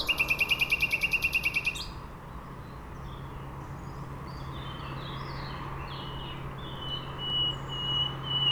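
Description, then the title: Nightingale song: a rapid, machine-like run of repeated sharp notes, then soft scattered phrases and rising whistles over low traffic hum. Singing from a bush between a railway line and the shore of Lac du Bourget, Entrelacs, France; unafraid of passing trains; road traffic on the RD991 also heard. "2 D991, Entrelacs, France - Rossignol ferroviaire"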